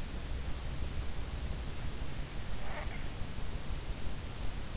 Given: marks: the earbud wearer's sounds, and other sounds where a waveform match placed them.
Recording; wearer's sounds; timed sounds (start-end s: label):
sounds in sleep by an in-ear microphone; snoring breath
2.50-3.23 s: snoring breath